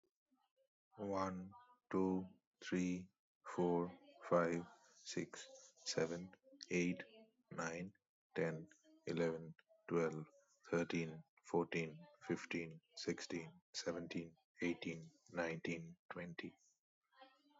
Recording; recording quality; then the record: counting at a normal pace; excellent, no background noise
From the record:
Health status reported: healthy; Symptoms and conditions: none ticked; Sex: male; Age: 33 years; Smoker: not ticked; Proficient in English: yes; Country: India